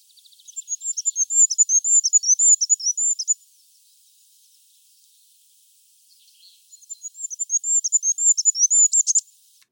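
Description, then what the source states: Goldcrest song, two very high-pitched phrases of quick see-sawing notes separated by a pause of about three seconds. Very high-pitched song and calls that many people cannot hear or hear only up close; used as a hearing test on bird-song walks.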